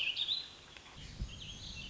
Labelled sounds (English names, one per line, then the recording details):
Warbling Vireo
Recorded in Sonoma County, California